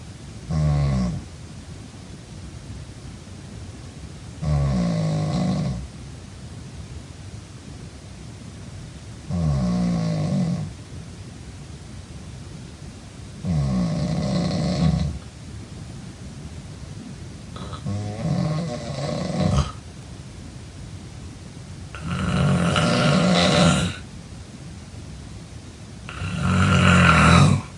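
Seven loud, low rumbling snores recur at about 15 per minute, each lasting one to two seconds, with quiet breathing between. The rhythm is somewhat irregular, and the later snores grow harsher and louder. Typical snoring.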